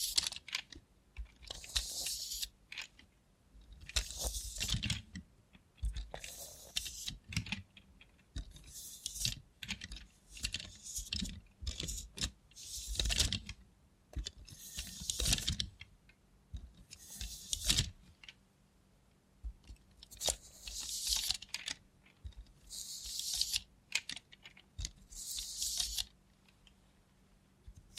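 ASMR sounds made with a robot hand: irregular bursts of crisp, bright tapping and clicking, much like typing on a keyboard. The bursts come every second or two with short quiet gaps, and a low steady hum runs underneath throughout.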